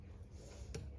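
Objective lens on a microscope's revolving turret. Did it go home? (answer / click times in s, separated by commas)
yes / 0.7 s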